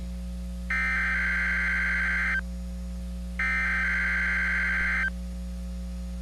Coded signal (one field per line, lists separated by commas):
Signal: Emergency Alert System (SAME) tones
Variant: header bursts